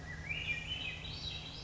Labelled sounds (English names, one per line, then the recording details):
Swainson's Thrush
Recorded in Sonoma County, California